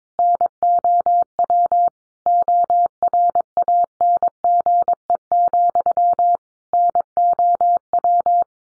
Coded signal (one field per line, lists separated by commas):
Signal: Morse code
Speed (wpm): 22 wpm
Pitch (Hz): 700 Hz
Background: none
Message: NOW ORANGE, NOW